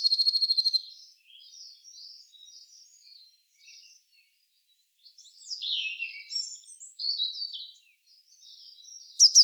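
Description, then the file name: Eurasian blue tit calls: the end of a buzzy churring rattle, then soft high chattering and scratchy twittered notes, with a new churr beginning at the close. "Cyanistes caeruleus"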